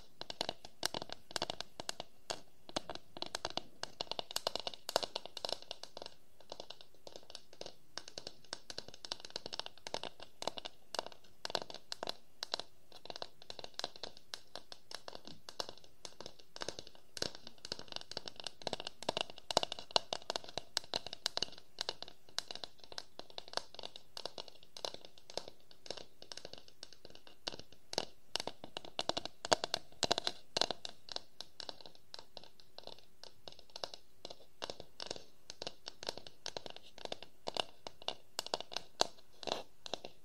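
Wooden objects are tapped and scratched in a dense, irregular stream of sharp clicks and scrapes that continues steadily for the whole forty seconds.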